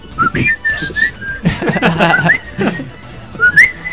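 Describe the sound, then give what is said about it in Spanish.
A person whistles a short, bright melody in clear sustained notes that glide up and down, with some voices and background chatter mixed underneath. “El silbido.”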